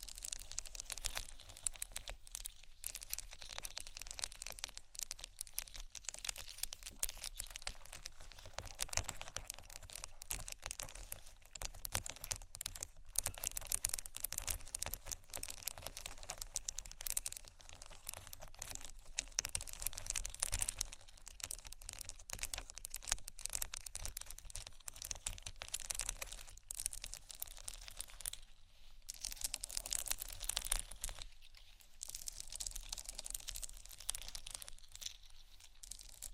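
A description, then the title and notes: Dense, continuous scratching and crinkling textures, bright and rustly, with frequent small bursts and brief pauses around 13, 29 and 31 seconds. ASMR Textures Scratching & Tapping (No Talking).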